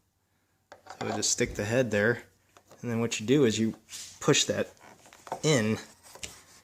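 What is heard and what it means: A head with a retaining ring is placed on a trunk release rod from a USP trunk pop kit for an MK7 Golf and pushed in so the ring will pop into place. Someone talks throughout over faint handling sounds. The part is handled but nothing has seated or clicked yet.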